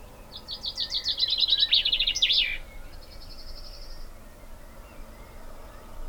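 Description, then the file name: Common chaffinch delivering a single cascading song of rapid notes ending in a flourish, followed by a fainter, thin high trill. "Fringilla coelebs"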